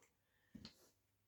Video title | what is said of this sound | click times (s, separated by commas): LEGO DUPLO Number Train vs MEGA BLOKS ABC Learning Train - Demonstration & Review | pulling it off and then push it back on you'll hear it click | 0.6 s